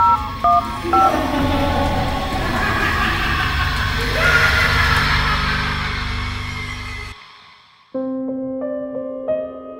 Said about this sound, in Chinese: 然后我就去嗰度再睇一睇，原来又系同样响呢个电话嘅四个声，嘟嘟嘟嘟咁样。